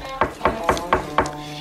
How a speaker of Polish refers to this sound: Kto tam puka?